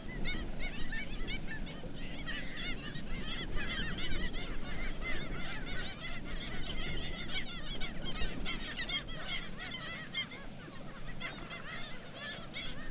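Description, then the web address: Black-legged kittiwake chorus, a steady stream of harsh, repeated nasal calls from many birds over a low background roar. "Black legged kittiwake. صدای-پرنده-کاکایی-پاسیاه"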